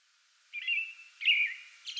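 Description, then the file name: American robin song: two short, slurred whistled phrases near the same pitch, the second louder, followed by the start of a higher, thin note. Singing before dawn from a small tree in a front yard, 8 May 2022. "2022-05-08 American Robin pre-dawn singing from small tree in front yard"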